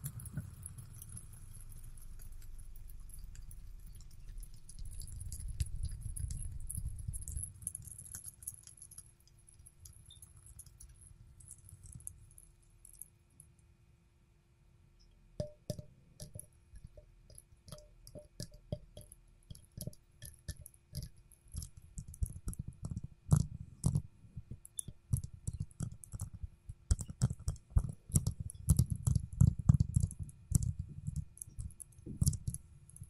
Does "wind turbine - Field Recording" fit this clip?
no